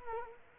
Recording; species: mosquito wingbeat signal from an infrared sensor; Culex quinquefasciatus